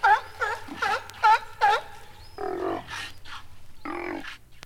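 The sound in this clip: Sea lion barking: a series of quick harmonic barks with a bending pitch, then a few rougher, drawn-out calls.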